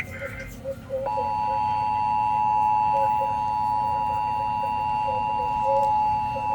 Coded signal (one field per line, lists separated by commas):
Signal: Emergency Alert System (SAME) tones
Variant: 853 and 960 Hz attention tone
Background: speech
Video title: hurricane harleen EAS ALERTS FROM EAS #4149 - #4158